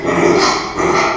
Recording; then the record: squeal of a Yucatan mini pig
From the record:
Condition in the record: after surgery on the right vocal fold (resection and tissue-engineered implant); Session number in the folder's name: 2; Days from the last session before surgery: 13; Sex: male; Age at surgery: 12 weeks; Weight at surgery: 13 kg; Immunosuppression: cyclosporine, prednisolone